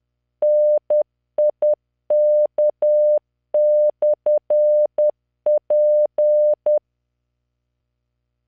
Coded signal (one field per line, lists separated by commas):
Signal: Morse code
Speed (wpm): 10 wpm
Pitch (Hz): 600 Hz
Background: none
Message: NIK/P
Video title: tamanのモールス練習動画94（モールス信号 速度10WPM morse code)